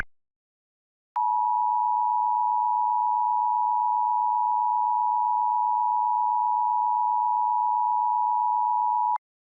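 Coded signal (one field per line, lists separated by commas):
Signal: Emergency Alert System (SAME) tones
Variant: 853 and 960 Hz attention tone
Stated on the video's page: Fictional April Fools EAS scenario; the EAS tones are stated to be valid, made with Audacity and Premiere Pro.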